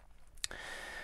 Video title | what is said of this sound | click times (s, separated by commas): Tactical Frog Sub 300T V2 (Doxa Sub 300T Homage) 4K Watch Review | good positive secondary click to the flip lock itself so it's a well executed functional clasp | 0.4 s, 0.5 s